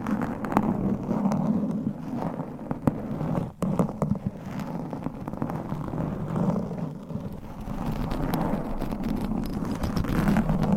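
Mic scratching in layers, a dense, continuous rumbling rub with frequent sharp ticks and clicks, briefly dropping out near four seconds.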